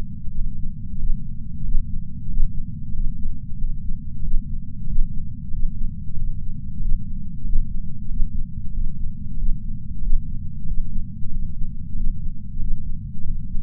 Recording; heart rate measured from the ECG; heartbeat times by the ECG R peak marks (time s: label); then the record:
heart sounds by patch sensor on the chest; 93 bpm
0.32 s: heartbeat
0.97 s: heartbeat
1.62 s: heartbeat
2.27 s: heartbeat
2.92 s: heartbeat
3.57 s: heartbeat
4.21 s: heartbeat
4.86 s: heartbeat
5.51 s: heartbeat
6.15 s: heartbeat
6.79 s: heartbeat
7.43 s: heartbeat
8.08 s: heartbeat
8.72 s: heartbeat
9.36 s: heartbeat
10.00 s: heartbeat
10.65 s: heartbeat
11.30 s: heartbeat
11.94 s: heartbeat
12.58 s: heartbeat
13.23 s: heartbeat
From the record:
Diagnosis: coronary artery disease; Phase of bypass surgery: postoperative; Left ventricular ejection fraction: 63.8%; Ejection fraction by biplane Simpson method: 63.7%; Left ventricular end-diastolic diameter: 46 mm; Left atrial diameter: 36 mm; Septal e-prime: 6 cm/s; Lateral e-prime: 8.7 cm/s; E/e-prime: 11.2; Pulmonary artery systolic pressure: 20 mmHg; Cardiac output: 4.6 L/min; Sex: male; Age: 58 years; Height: 170 cm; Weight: 80 kg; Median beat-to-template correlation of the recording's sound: 0.85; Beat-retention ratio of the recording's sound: 0.99